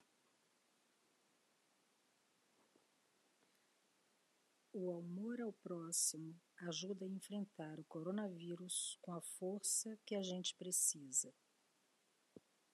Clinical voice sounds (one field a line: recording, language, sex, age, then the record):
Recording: spoken sentence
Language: Brazilian Portuguese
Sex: female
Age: 60 to 69 years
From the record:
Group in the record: control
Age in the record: 61 years